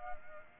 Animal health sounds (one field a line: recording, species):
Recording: mosquito wingbeat signal from an infrared sensor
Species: Culex pipiens